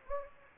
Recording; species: mosquito wingbeat signal from an infrared sensor; Anopheles gambiae